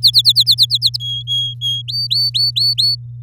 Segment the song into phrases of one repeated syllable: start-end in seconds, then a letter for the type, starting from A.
0.02-0.96 A, 1.00-1.82 B, 1.88-2.95 C